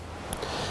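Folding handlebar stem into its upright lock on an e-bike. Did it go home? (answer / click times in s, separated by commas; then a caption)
yes / 0.3 s. A folding handlebar stem on an e-bike is raised into its upright position, with a short, sharp click at 0.3 s over a low background hum. The stem clicks into place and is locked upright.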